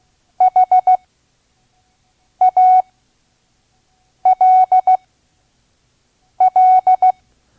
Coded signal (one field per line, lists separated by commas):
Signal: Morse code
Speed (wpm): 16 wpm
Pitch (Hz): 740 Hz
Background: none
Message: HALL